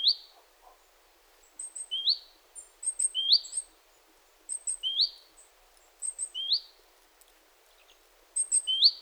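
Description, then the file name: Great tit calls in repeated phrases, sharp high notes each followed by a quick upward-sweeping buzzy note. "Parus major"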